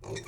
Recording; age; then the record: pig call; weaner (32 to 43 days)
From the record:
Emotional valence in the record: negative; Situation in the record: long isolation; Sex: female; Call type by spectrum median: low-frequency call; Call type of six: mixed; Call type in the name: high-frequency modulated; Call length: 0.28 s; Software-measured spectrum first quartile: 300 Hz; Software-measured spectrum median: 883 Hz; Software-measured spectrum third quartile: 3614 Hz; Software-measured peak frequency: 378 Hz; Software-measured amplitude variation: 138 dB a second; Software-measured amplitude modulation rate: 21.2 a second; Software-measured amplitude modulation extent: 6.5 dB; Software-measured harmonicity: 2.7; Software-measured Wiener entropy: -3.22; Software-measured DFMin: 1100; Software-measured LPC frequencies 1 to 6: 417, 1915, 2363, 3686, 4233, 5535 Hz